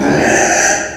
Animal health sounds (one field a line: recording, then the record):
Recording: squeal of a Yucatan mini pig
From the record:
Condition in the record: before surgery on the right vocal fold (resection and tissue-engineered implant)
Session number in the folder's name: 3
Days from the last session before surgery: 0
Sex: female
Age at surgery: 19 weeks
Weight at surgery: 25 kg